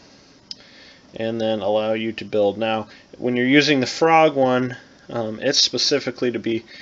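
A hand-machined metal rolling track gauge is pushed down onto the head of a model railway rail on a switch until it grips, giving a single short click at 0.5 s. After that, someone talks for the rest of the clip. The gauge seats onto the rail.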